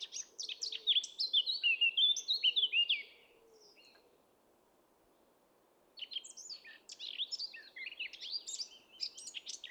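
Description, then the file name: Eurasian blackcap singing a quick, chattering warble that stops after about three seconds, then a second jumbled, scratchy phrase after a short silence. "Sylvia atricapilla"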